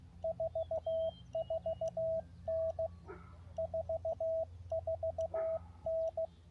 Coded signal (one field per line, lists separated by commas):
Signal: Morse code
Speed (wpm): 16 wpm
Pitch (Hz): 650 Hz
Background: radio noise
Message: 44N 44N